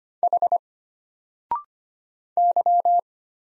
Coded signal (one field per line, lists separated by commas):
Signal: Morse code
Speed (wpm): 25 wpm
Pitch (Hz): 700 Hz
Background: none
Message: H Y